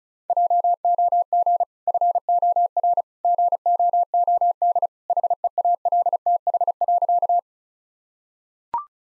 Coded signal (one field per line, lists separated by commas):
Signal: Morse code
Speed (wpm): 36 wpm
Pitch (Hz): 700 Hz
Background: none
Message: JOG FOR GOOD HEALTH.